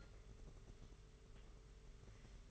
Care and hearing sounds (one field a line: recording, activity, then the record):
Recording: daily activity, microphone in the room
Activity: take from stove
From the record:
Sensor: 4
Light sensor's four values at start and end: 22/75/27/29 and 21/75/27/29